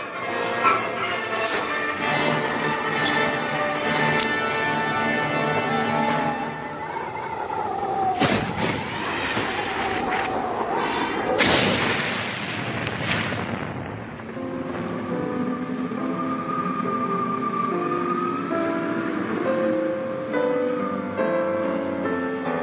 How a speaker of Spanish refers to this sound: Paralizados, miran al cielo y observan una enorme explosión.